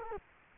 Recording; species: mosquito wingbeat signal from an infrared sensor; Culex quinquefasciatus